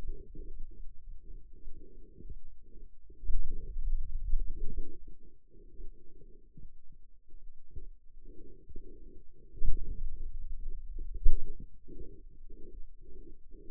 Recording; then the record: forearm muscle sounds (acoustic myography)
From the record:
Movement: finger pinch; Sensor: system 2, bracelet of six BSWA MPA416 microphones around the upper forearm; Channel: 5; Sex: male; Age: 22 years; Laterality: right